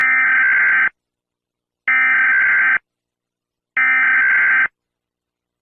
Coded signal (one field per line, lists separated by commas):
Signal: Emergency Alert System (SAME) tones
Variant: header bursts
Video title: EAS SCENARIO: HURRICANE BALLY IS GONNA DIE! IS THIS THE END?